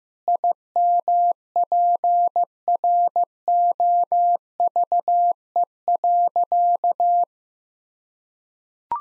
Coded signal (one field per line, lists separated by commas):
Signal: Morse code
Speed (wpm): 15 wpm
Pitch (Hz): 700 Hz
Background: none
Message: IMPROVE.